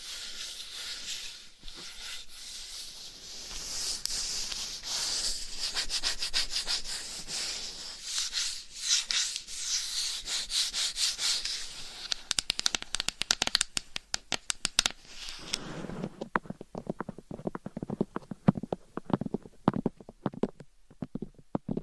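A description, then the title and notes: Dummy head mic scratching and rubbing with a bright, dense hiss, turning into rapid, uneven tapping with deeper thuds after about sixteen seconds. ASMR Binaural Dummy Head Mic Scratching , Massage & Tapping Hypnotic Asmr No Talking.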